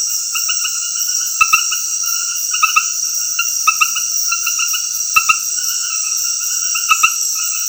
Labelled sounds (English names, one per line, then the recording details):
none
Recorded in dense forest near Puerto Asís, Putumayo, Colombia, on 20 February 2024 at 21:30
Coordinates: 0.496, -76.326
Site G6383